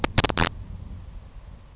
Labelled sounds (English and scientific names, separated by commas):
Grasshopper Sparrow (Ammodramus savannarum)